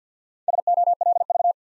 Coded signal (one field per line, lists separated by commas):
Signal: Morse code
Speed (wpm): 50 wpm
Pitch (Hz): 700 Hz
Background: none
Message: SOLV